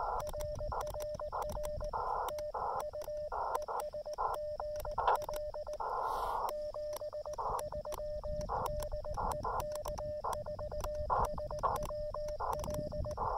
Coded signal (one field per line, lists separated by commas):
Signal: Morse code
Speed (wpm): 20 wpm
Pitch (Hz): 590 Hz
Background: radio noise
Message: RRR TU ES GL 73 DE K4SWL